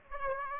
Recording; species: mosquito wingbeat signal from an infrared sensor; Aedes aegypti